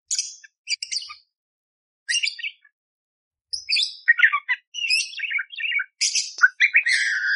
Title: Masteran Burung Parkit Gacor Jernih Full Isian Tembakan Kasar Cocok Buat Kacer